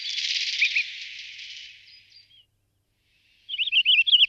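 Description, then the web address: Pine grosbeak song: after a hiss and silence, a short bright warbling phrase of quick twisting whistled notes. "Schur"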